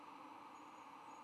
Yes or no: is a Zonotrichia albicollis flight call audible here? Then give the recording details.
no. No flight call is heard. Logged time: 22:32 on 9 November 2014